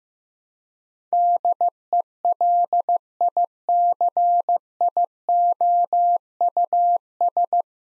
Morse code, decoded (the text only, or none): DELICIOUS